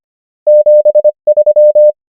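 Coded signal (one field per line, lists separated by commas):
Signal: Morse code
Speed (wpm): 25 wpm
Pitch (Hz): 600 Hz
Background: none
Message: 7 3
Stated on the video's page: Morse code practice of numbers at 25 wpm character speed and 23 wpm effective (Farnsworth) speed.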